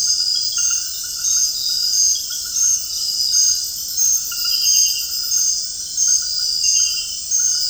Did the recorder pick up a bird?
no